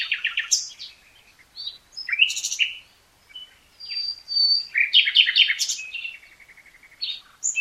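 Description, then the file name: Common nightingale song of varied quick phrases: rattling series, sharp upswept notes and a long thin whistle, with brief pauses between them. "Luscinia megarhynchos"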